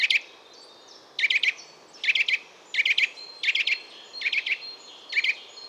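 Eurasian nuthatch giving sharp, high twit calls in quick clusters of three or four, repeated roughly every second, with a faint thin whistle between bursts over a soft background hiss.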